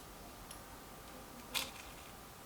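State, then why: Seated. A lead pellet is hand-loaded skirt first, inserted backwards, into a rotary magazine for a Stoeger XM1 Scout air rifle and left to lock into place. A faint tick sounds at about 0.5 s, then a short, sharp tick at 1.6 s as the pellet seats, over a low steady background.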